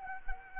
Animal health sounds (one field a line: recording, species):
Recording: mosquito wingbeat signal from an infrared sensor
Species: Culex quinquefasciatus